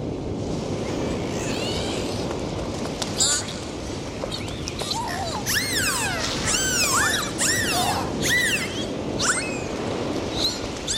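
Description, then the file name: Dolphin whistles: a rapid series of arched, rising-then-falling tonal sweeps, several overlapping, with sporadic clicks against a constant background hiss. "Zvuki prirody - Delfiny"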